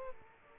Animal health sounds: mosquito wingbeat signal from an infrared sensor; Aedes aegypti

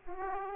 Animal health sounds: mosquito wingbeat signal from an infrared sensor; Aedes aegypti

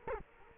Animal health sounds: mosquito wingbeat signal from an infrared sensor; Culex quinquefasciatus

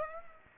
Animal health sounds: mosquito wingbeat signal from an infrared sensor; Aedes aegypti

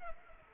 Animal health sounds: mosquito wingbeat signal from an infrared sensor; Culex pipiens

